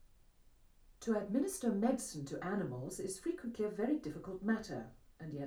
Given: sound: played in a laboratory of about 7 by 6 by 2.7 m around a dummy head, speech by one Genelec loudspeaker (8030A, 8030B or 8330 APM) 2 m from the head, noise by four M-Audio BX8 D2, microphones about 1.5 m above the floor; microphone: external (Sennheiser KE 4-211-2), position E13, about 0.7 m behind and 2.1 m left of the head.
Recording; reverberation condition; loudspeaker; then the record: female speech in English; low; 30 degrees to the left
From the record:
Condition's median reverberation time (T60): about 310 ms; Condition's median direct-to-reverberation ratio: about 3.5 dB